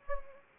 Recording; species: mosquito wingbeat signal from an infrared sensor; Anopheles arabiensis